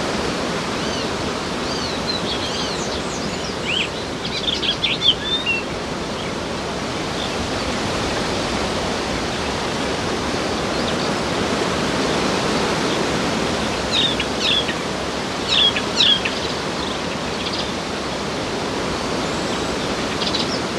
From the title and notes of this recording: It is a sunny morning in June, and we are at Strynø – a Danish island in the South Funen Archipelago. Strynø’s birds singing from the treetops, while wind from the ocean blows through the leaves with shifting intensity. Birds singing from tree tops on Strynø, while wind from the ocean blows through the leaves.